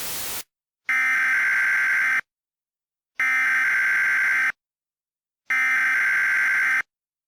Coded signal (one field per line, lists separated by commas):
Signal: Emergency Alert System (SAME) tones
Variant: header bursts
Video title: EAS Mock 20: To Pierce The Veil